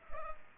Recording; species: mosquito wingbeat signal from an infrared sensor; Culex pipiens